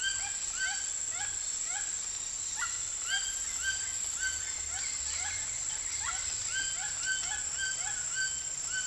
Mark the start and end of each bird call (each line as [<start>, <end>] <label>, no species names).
[0.00, 1.91] bird call
[2.43, 8.87] bird call